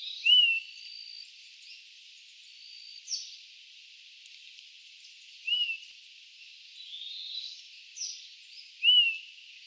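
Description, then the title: Bird chirps: several short bright whistled notes, some slurred upward, scattered over a faint steady hiss. "LuckyPassaro Completos2Sama"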